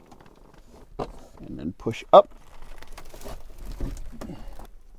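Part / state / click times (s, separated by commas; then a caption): pop-up roof panel support on a truck camper / not seated / none. Someone talks while handling the pop-up roof panel support on a Four Wheel Campers CampOut slide-in truck camper, pushing the roof up after undoing a latch. Soft rustling and a few light knocks are heard under the speech. Nothing has seated or snapped in place yet.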